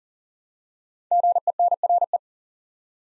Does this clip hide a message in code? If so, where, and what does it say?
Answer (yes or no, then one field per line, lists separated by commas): yes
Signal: Morse code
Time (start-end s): 1.1-2.2 s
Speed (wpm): 40 wpm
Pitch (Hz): 700 Hz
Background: none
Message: GENRE